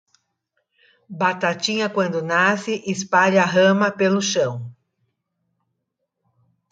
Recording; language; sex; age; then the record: short text; Brazilian Portuguese; female; 60 to 69 years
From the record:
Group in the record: control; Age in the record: 63 years